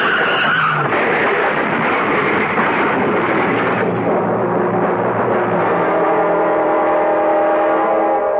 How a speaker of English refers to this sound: On an icy road in midsummer, two cars slide into each other, something that usually happens only in midwinter.